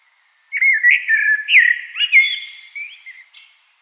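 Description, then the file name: Common blackbird song: one continuous phrase of mellow whistled notes that breaks into squeaky high twitters at the finish. "Turdus merula"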